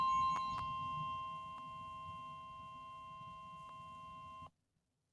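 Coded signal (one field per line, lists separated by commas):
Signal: Emergency Alert System (SAME) tones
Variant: 1050 Hz attention tone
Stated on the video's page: Severe thunderstorm warning received on a WR120 weather radio.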